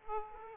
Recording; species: mosquito wingbeat signal from an infrared sensor; Aedes aegypti